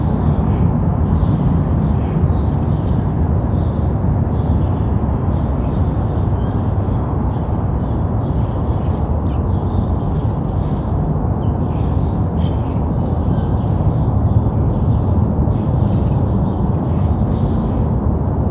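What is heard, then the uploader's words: Steady, dense rushing noise, heaviest in the lows, with faint distant bird chirps repeating high above every second or so throughout. White Noise and Distant Birds.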